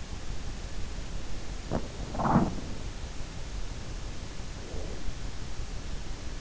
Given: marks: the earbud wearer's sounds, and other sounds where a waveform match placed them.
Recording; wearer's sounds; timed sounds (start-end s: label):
sounds in sleep by an in-ear microphone; teeth grinding, breath
1.62-2.72 s: teeth grinding
4.37-5.18 s: breath